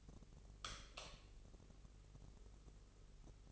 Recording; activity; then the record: daily activity, microphone in the room; light off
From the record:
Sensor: 4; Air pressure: 996.1 hPa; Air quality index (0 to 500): 64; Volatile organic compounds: 2 ppm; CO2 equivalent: 1151 ppm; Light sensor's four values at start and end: 17/45/17/18 and 14/33/13/13